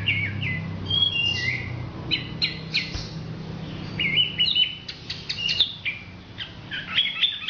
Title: Anis Merah